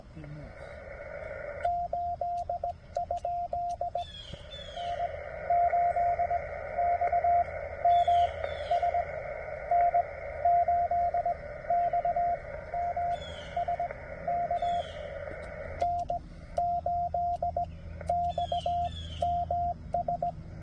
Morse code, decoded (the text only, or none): 8? N8XMS N8XMS K N8XMS